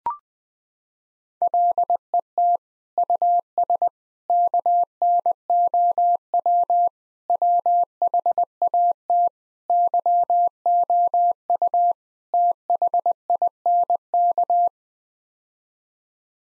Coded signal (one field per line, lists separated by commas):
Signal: Morse code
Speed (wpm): 21 wpm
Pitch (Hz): 700 Hz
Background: none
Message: LET US KNOW WHAT YOU THINK